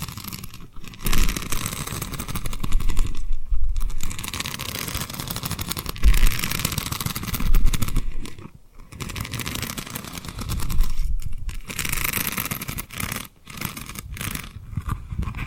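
Tapping and rubbing on a rhinestone surface, with a dense, scratchy rubbing texture that continues with little pause. Brief near-silent gaps fall around one, three and a half, eight and a half, eleven and thirteen seconds, and light tapping clicks sit in the mix.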